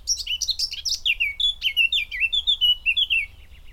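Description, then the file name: Eurasian blackcap song, a quick scratchy warble that flows into a series of loud, clear fluted whistles, ending abruptly after about three seconds. "Sylvia atricapilla"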